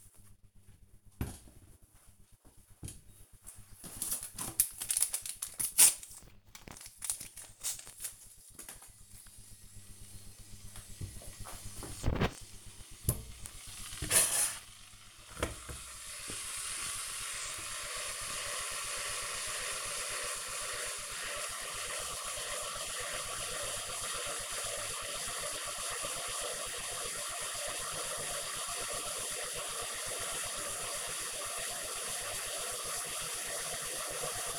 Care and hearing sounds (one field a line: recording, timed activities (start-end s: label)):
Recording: household activities, microphone on the right wrist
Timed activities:
0.00-34.59 s: making tea